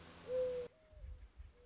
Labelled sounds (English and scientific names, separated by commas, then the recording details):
Mourning Dove (Zenaida macroura)
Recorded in Sonoma County, California